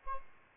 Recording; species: mosquito wingbeat signal from an infrared sensor; Aedes albopictus